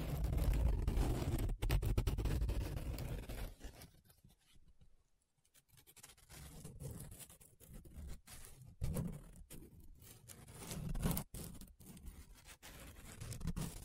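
Paper being rubbed and scratched, a dense rough texture that is heaviest and lowest in the first few seconds. Around four to six seconds it thins almost to silence, then returns in uneven bursts of scraping strokes with sharp clicks and brief gaps through the end.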